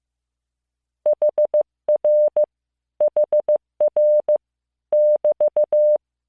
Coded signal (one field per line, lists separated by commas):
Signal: Morse code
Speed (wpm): 15 wpm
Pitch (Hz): 600 Hz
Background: none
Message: HR HR <BT>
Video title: モールス信号聞き流し1９ Learn Morse Code